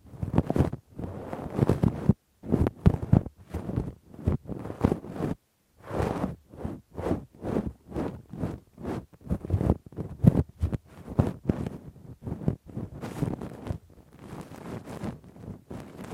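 Rough, deep ear cleaning with a Q-tip and ear pick: fast, dense scratching and rubbing strokes come in quick bursts, heavy in the low end with bright crackly edges. Brief silent pauses break the rhythm near one, two and five seconds.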